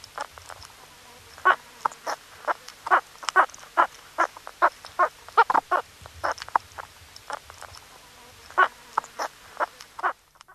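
Meerkat calls, quick bursts of brief chirping notes, sometimes in clusters, with a longer pause before the last few.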